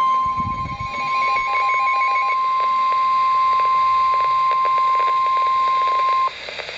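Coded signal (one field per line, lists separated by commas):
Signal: Emergency Alert System (SAME) tones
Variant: 1050 Hz attention tone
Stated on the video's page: Real severe thunderstorm warning received on NOAA Weather Radio.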